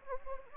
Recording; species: mosquito wingbeat signal from an infrared sensor; Anopheles gambiae